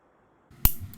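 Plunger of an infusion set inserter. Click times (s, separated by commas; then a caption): 0.7 s. The plastic plunger of an insulin pump infusion set inserter is pulled back after a brief stretch of soft handling noise, giving a sharp, loud click at 0.6 s, followed by a faint tick near 0.9 s. The plunger clicks and locks into its cocked, loaded position.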